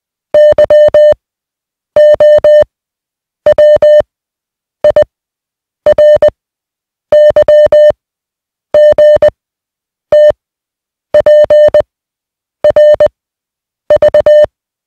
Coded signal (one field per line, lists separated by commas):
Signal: Morse code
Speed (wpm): 20 wpm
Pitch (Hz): 600 Hz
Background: music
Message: Y O W I R Y G T P R V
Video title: Morse Code Practice Set Two: Receiving 150 Groups of 1 (20WPM)